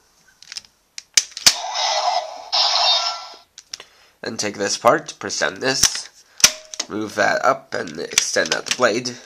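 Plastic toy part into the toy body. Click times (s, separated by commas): 1.2 s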